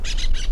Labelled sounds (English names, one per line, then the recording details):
Brown-throated Parakeet contact call
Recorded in La Tortuga
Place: Isla La Tortuga
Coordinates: 10.925, -65.258